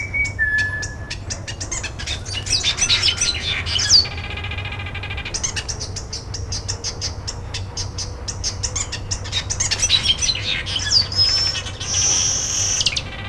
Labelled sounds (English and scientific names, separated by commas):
Village Weaver (Ploceus cucullatus) call